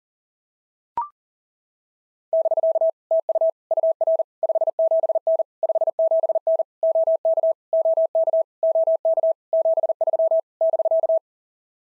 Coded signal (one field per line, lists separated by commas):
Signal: Morse code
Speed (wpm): 42 wpm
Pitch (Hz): 650 Hz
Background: none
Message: <BK> TU UR 57N 57N OK OK OK 73 <BK>